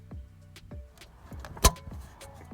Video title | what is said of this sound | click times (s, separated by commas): Opel Adam Headlight bulb replacement DIY (how to) | you hear that that means the light bulb is installed | 1.7 s